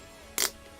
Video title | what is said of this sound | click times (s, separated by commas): Amazon LIVE | this one here you just pull and it opens or you can hear it lock into place listen | 0.4 s